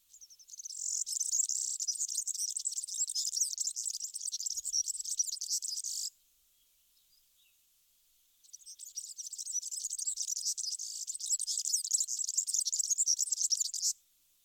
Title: Sylvain Jaskowiak - Mes piafs. Serin cini